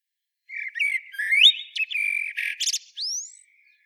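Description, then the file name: Common blackbird song: a mellow, varied fluted warble rising in places, followed by a scratchy high flourish and a final thin upward-sweeping squeak. "Turdus merula"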